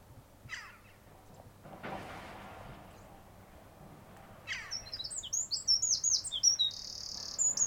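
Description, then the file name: Eurasian wren song starts after a few seconds of soft scratchy sounds, a burst of high, rapid twittering notes with a quick rattling trill. "Troglodytes troglodytes"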